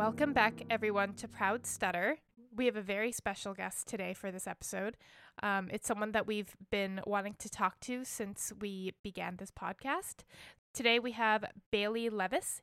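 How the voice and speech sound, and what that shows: An adult woman who does not stutter speaks fluently and clearly at an even pace, with one brief 'um' and ordinary pauses.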